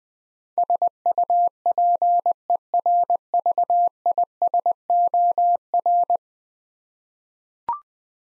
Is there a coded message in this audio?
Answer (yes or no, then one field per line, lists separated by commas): yes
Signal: Morse code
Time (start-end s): 0.6-6.2 s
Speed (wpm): 20 wpm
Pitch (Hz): 700 Hz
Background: none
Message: SUPERVISOR